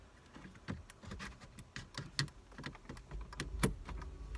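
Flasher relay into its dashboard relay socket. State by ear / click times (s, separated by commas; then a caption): seated / 3.6 s. A new plastic-cased plug-in turn-signal flasher relay for a Volkswagen Jetta MK4 is pushed back into its socket under the dash. Several sharp clicks and handling taps are heard. The loud click at 3.6 s is the relay seating in its socket.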